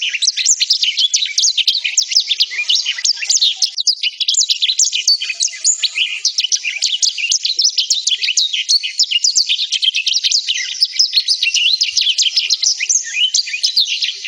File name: suara burung blackthroat